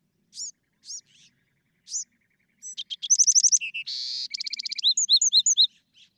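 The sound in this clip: Bewick's wren: a few spaced high chips, then an intricate rush of buzzy trills and whistled slurred notes lasting about three seconds.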